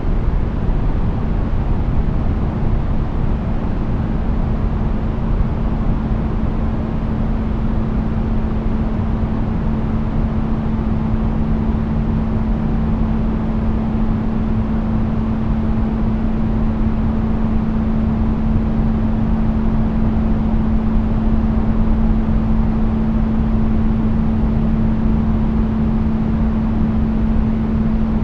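Steady street noise, a dense, unchanging rumble weighted heavily toward the low end, like traffic blended into a deep wash. A faint constant hum sits in the low-middle throughout, and the top end stays muffled with no distinct passing events.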